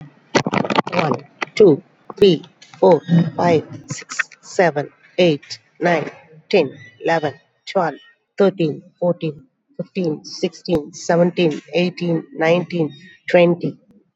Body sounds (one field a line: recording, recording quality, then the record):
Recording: counting at a normal pace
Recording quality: excellent, no background noise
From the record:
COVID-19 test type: RT-PCR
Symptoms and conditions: cough, cold, breathing difficulty, another respiratory illness, hypertension, diabetes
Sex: female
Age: 55 years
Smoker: no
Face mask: not worn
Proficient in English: yes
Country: India